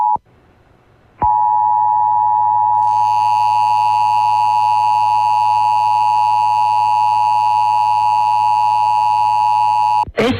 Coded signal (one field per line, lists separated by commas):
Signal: Emergency Alert System (SAME) tones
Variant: 853 and 960 Hz attention tone